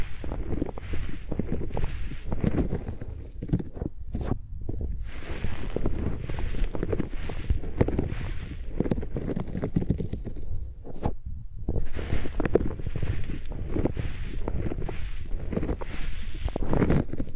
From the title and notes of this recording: Using Mics as Pencils (No Talking).